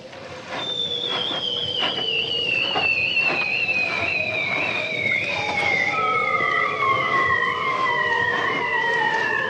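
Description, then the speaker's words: Bearded seal song: long warbling whistled trills sliding slowly downward in pitch, with a second lower trill joining midway and faint pulsing clicks underneath. Breeding song, recorded in the Arctic Sea. "that's the breeding sound of the bearded seal."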